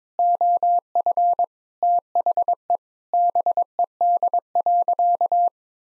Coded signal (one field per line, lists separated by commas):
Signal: Morse code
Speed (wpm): 22 wpm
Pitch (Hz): 700 Hz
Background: none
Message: OF THE BED.